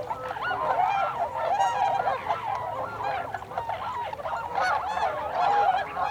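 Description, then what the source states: Chorus of tundra swans, mellow bugling honks overlapping constantly in a steady rolling chatter. Tundra swans, 26 December 2020.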